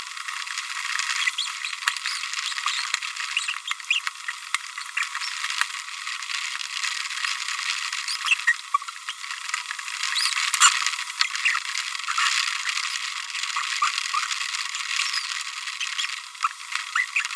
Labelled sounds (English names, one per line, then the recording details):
Green-rumped Parrotlet babbling
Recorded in a nest box in Venezuela
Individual 18B25A5